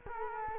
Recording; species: mosquito wingbeat signal from an infrared sensor; Culex quinquefasciatus